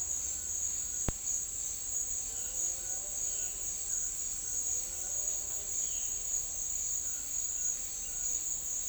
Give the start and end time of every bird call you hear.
2.28s-3.56s: bird call

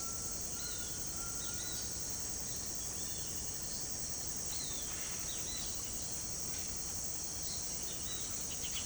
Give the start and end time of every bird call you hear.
0.00s-5.90s: bird call
7.37s-8.85s: bird call

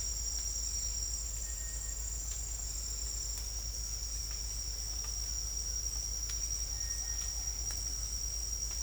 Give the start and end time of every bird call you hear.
1.41s-1.95s: bird call
6.73s-7.32s: bird call

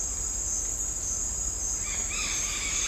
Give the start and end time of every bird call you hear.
1.82s-2.87s: bird call

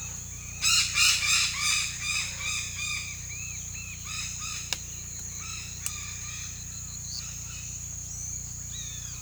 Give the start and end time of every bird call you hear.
0.57s-7.01s: bird call
8.66s-9.21s: bird call

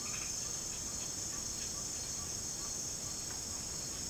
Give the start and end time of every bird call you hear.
1.21s-3.63s: bird call

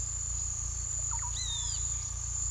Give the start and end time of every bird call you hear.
1.08s-1.90s: bird call

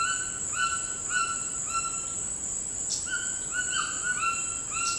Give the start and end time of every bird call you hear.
0.00s-2.28s: bird call
3.03s-4.98s: bird call

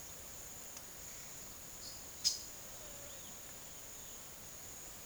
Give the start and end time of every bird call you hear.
1.72s-3.23s: bird call

